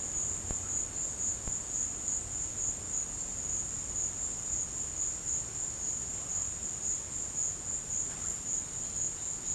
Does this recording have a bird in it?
no